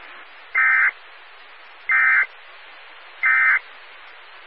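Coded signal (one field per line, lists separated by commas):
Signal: Emergency Alert System (SAME) tones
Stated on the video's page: Morse heard during a Skywarn weather net.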